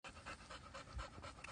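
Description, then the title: Dog panting, quick rough breaths pulsing steadily through the whole short moment with no other clear sound. Pitbull dogs playing on a field with a wolfdog. "Dirty Pitbull dogs playing on a field with a Wolfdog"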